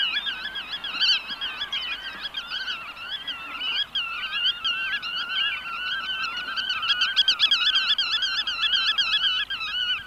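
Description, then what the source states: Black-tailed Godwit calls: a dense chorus of rapid, nasal, bouncing notes from several birds, growing busier and louder towards the end. Field recording.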